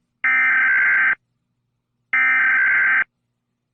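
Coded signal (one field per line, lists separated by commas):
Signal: Emergency Alert System (SAME) tones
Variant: header bursts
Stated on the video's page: Fictional EAS scenarios.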